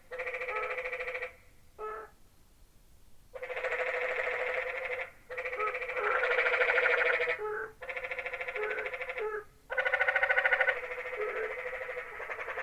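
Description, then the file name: Canyon tree frog calling with a sequence of harsh, pulsing, bleat-like trills of varying length. "Quiet American - Canyon Tree Frog"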